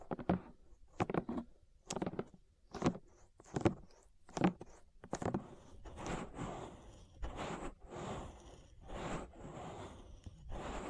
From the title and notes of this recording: ASMR Relaxing Ear Massage That'll Put You to Sleep (No Talking).